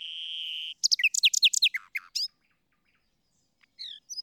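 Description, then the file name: Common nightingale song: a sustained whistled tone, then a fast rattle of sharp downward-sweeping notes, a pause, and a few scattered chirps. "Luscinia megarhynchos"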